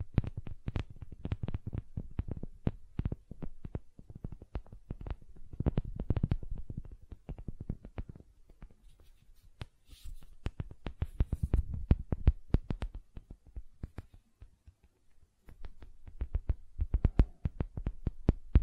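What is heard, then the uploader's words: Gentle silicone sounds made of soft, quick taps and squishes that come in irregular bursts, thick and low with brief brighter clicks. Activity thins around the ten-second mark, then picks up again in clusters until the end. ASMR Gentle Silicon Sounds for Sleep (No Talking).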